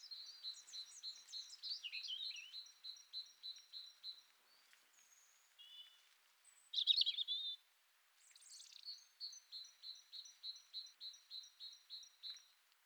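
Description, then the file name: Great tit calls: a long series of short, bright, high notes repeated about three times a second, broken by other twittering and chirping sounds. "Parus major"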